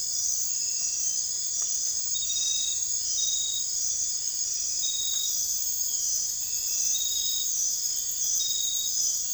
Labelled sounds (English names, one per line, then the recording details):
none
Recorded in dense forest near Puerto Asís, Putumayo, Colombia, on 21 December 2024 at 01:30
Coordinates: 0.484, -76.317
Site G026